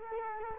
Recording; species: mosquito wingbeat signal from an infrared sensor; Culex quinquefasciatus